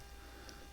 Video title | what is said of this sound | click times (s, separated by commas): Benchmade Shootout Reassembly / Assembly! | until it clicks and there you go so there's your two Springs in there | 0.5 s